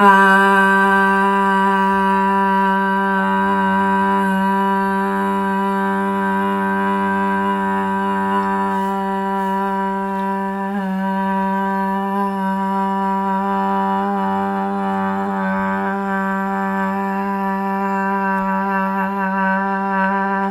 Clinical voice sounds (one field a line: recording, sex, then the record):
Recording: sustained vowel /a/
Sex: female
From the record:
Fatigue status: no fatigue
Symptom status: asymptomatic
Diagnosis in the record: COVID-19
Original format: m4a